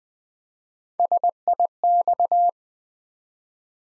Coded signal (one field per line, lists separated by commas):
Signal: Morse code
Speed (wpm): 20 wpm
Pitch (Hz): 700 Hz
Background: none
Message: SIX